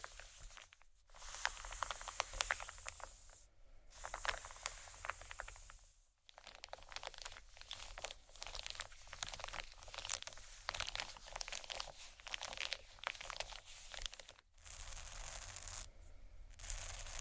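Soft crinkling and scratching on plastic run almost continuously, made of dense, fast, bright little crackles. Brief silences break it near the start, around six seconds, and near fourteen and a half seconds, and a faint low hum sits underneath throughout.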